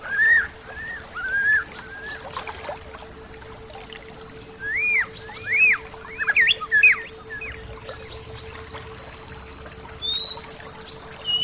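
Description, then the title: Bird song: looping whistled notes rising and falling, repeated in bursts, with higher thin whistles and chirps between and a constant low hum. "SuaraBurung Kicau"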